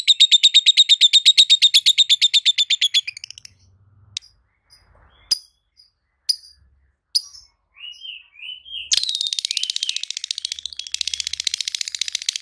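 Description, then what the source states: Lovebird song: fast, regular, buzzy chattering trill, a pause with scattered sharp chirps and short whistles, then another long run of dense, high chatter. Masteran recording made for tutoring other birds; song style called konslet.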